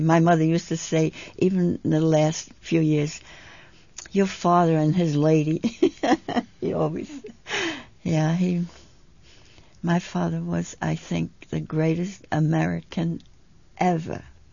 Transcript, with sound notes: My mother used to say, even in the last few years, "Your father and his lady." ( she laughs ) He always, yeah. He, my father was, I think, the greatest American ever.